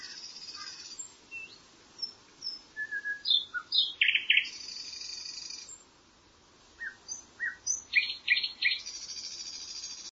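Bird chirps in irregular bursts: high buzzy strains, short slurred whistles and quick clusters of sharp notes, with a short pause midway before another burst of rapid chirping.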